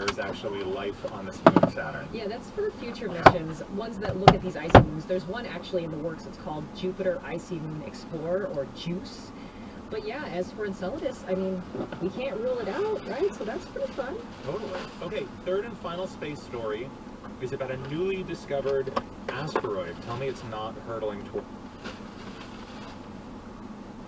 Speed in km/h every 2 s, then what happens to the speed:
0, 0, 0, 0, 0, 0, 0, 0, 0, 0, 0, 0.
0-24 standing.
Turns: none.